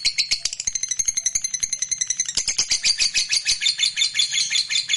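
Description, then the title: Lovebird trilling continuously, a fast run of shrill, scratchy chirps with a thin whistled tone woven through part of it. Fighter-type lovebird giving a long ngekek trill. "Suara Lovebird FIGHTER NGEKEK PANJANG"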